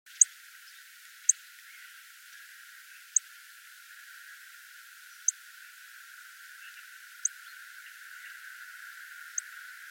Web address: small bunting bird call